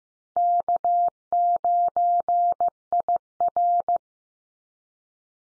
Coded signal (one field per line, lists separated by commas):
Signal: Morse code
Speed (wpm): 15 wpm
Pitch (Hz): 700 Hz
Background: none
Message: K9IR